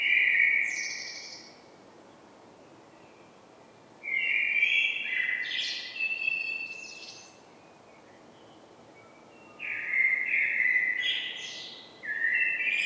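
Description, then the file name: Common blackbird delivering rich fluted song phrases with thin high twittering codas, separated by pauses. "Turdus merula"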